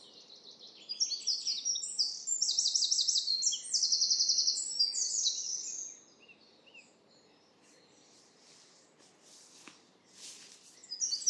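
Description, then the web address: Bird calls: a long run of high, fast chattering trills for about five seconds, then quieter scattered high chirps over a faint background hiss. "cianscape birddata Deverinetal 2025"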